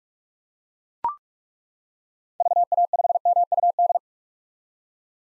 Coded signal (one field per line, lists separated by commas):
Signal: Morse code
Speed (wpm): 42 wpm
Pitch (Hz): 700 Hz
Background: none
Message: VA5MUD